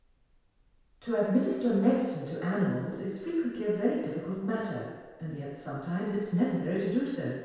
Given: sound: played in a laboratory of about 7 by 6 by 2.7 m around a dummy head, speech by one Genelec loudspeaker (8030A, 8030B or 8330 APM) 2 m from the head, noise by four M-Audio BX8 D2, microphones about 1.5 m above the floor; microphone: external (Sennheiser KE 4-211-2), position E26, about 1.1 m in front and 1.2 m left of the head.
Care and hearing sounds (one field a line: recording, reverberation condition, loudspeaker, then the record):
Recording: female speech in English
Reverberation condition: high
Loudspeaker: 60 degrees to the right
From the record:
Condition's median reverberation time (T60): about 1300 ms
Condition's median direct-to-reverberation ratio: about -4.0 dB